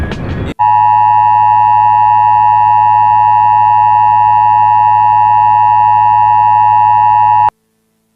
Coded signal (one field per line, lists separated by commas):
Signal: Emergency Alert System (SAME) tones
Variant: 853 and 960 Hz attention tone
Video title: Aircheck 2005 GMA CAT SCREAMING PLANT AND SCARY TREE EAS |GMA CAT GMS NETWORK